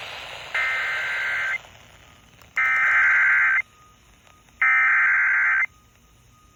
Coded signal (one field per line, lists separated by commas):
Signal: Emergency Alert System (SAME) tones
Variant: header bursts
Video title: KMST Severe Thunderstorm Warning relay from WNG648. 7/30/25 EAS #458